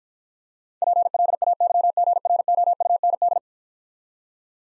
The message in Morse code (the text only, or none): PLAYGROUND